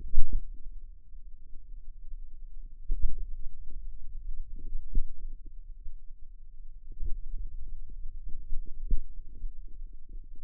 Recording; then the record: forearm muscle sounds (acoustic myography)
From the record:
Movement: pen grasping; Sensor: system 2, bracelet of six BSWA MPA416 microphones around the upper forearm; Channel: 2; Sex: female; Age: 22 years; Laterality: right